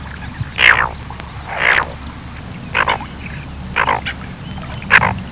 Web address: larus relictus